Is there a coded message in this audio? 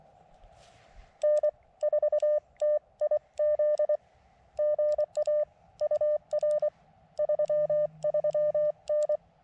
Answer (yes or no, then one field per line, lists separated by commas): yes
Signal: Morse code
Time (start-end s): 1.2-9.2 s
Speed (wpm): 24 wpm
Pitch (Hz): 600 Hz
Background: none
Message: N4TIZ GA UR 33N